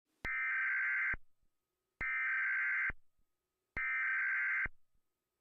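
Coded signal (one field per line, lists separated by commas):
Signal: Emergency Alert System (SAME) tones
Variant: header bursts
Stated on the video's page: Simulated EAS nuclear attack alert recreating what television and radio would broadcast.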